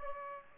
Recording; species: mosquito wingbeat signal from an infrared sensor; Aedes aegypti